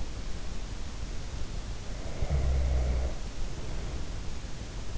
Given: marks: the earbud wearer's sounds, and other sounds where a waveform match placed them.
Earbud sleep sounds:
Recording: sounds in sleep by an in-ear microphone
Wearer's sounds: snoring breath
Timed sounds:
1.77-4.62 s: snoring breath

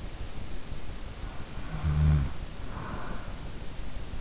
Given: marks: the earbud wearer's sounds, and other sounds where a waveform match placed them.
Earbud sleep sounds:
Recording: sounds in sleep by an in-ear microphone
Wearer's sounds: snoring breath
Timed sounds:
1.69-3.13 s: snoring breath

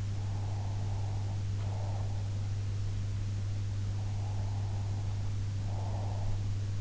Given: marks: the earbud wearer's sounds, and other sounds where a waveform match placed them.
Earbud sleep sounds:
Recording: sounds in sleep by an in-ear microphone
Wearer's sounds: breath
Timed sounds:
0.13-2.36 s: breath
3.97-6.36 s: breath

